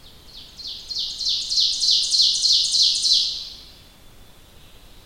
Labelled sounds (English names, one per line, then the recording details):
Ovenbird song
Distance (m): 20 m
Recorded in boreal forest in Alberta, Canada, on 1 July 2016 at 05:36
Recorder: SongMeter 3, array SBT-6-79
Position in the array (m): 225 m, 11 m
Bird 39